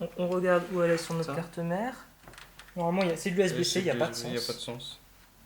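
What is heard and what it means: Someone talks while handling the case's front-panel USB-C 3.1 cable connector, bringing it to its header on the motherboard. Only speech is heard, with no distinct click. Nothing has seated or clicked yet; the connector is not yet home.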